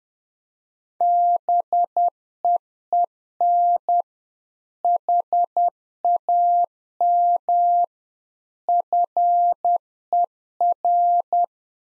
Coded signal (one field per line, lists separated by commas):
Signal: Morse code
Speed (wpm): 10 wpm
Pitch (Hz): 700 Hz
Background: none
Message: BEEN HAM FER